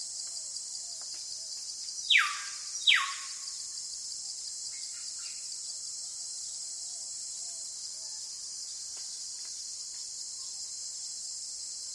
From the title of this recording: Sound in the forest